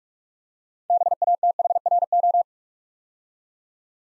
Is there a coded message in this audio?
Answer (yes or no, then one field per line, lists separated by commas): yes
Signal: Morse code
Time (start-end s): 0.9-2.4 s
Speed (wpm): 44 wpm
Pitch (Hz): 700 Hz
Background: none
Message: BATHRO